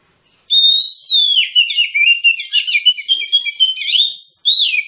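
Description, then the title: Magpie-robin song, a steady stream of loud whistles, warbled slurs and quick twittering notes, varied and unbroken throughout. Persistent, full 'tembakan' (rapid-fire) song, presented as making other magpie-robins fight. "Kacer Langsung Tarung Konslet KACER NGOTOT FULL TEMBAKAN. Kicau Kacer"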